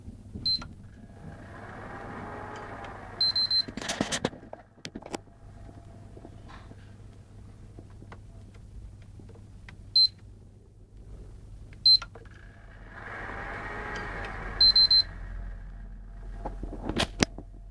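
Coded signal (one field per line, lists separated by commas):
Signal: beep code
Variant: PlayStation 3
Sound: a few short high beeps spread out, with a console fan whooshing and clicking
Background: fan noise, clicks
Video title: PS3 Playstation 3 YLOD Yellow Light of Death 3 Beeps Flash Green Yellow Red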